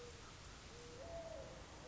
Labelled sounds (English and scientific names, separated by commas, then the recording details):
Mourning Dove (Zenaida macroura)
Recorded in Sonoma County, California